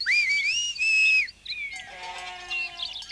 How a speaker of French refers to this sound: Soudain, un coup de sifflet aigu retentit. C'est … qui redescend les chèvres du haut de la montagne.